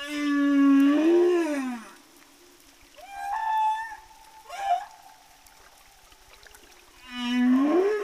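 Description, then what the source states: Humpback whale song: long tonal moans that rise and fall, plus a higher steady wail and a brief squeak, with pauses between units. Humpback whales of the southern Indian Ocean, found by a study to be singing different song tunes.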